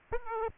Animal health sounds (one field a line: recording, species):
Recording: mosquito wingbeat signal from an infrared sensor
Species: Aedes aegypti